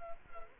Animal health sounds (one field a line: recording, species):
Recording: mosquito wingbeat signal from an infrared sensor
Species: Culex quinquefasciatus